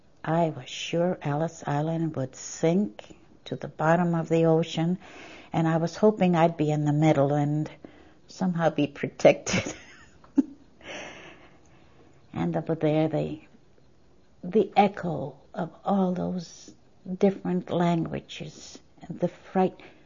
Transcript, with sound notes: I was sure Ellis Island would sink to the bottom of the ocean and I was hoping I'd be in the middle and somehow be (she laughs) And over there the echo of all those different languages, and the fright.